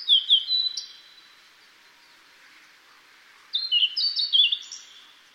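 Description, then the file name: Blue-and-white flycatcher song: a series of clear, sustained whistled notes at varying pitches, a pause of a few seconds, then a longer run of whistles. "ooruri"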